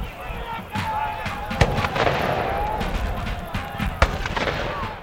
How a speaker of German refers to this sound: Juni 2007. Französische Kürassiere stürmen voran. Preußische Dragoner formieren sich zur Attacke. Soldaten der russisch-preußischen Koalitionsarmee schwingen die Säbel. Kanonendonner und Pulverdampf.